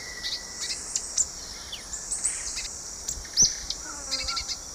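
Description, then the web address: White-vented euphonia giving scattered sharp, high-pitched notes and brief chirp clusters against a continuous shrill insect hum. Song recorded in the eastern lowlands of South America. "Natures Songs S America Eastern Lowlands Euphonia minuta, song"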